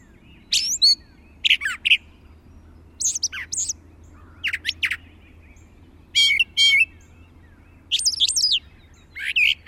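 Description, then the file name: Brown thrasher song: energetic twin phrases of sweeping whistles and scratchy notes, each pair separated by short pauses, continuing throughout. "suara-kicauan-brown-thrasher 5-omkicau"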